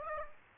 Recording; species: mosquito wingbeat signal from an infrared sensor; Aedes aegypti